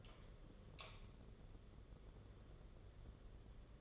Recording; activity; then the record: daily activity, microphone in the room; light on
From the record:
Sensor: 4